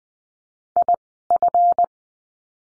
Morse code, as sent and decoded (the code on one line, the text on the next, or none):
.. ..-.
IF